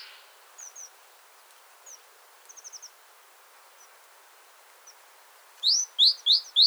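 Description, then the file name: Great tit calls: faint high ticks and a soft quick trill early on, then four loud chips in close succession at the end. "Parus major"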